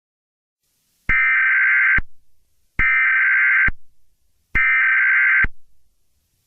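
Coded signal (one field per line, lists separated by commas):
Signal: Emergency Alert System (SAME) tones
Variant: header bursts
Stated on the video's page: Fictional EAS scenario, not a real alert.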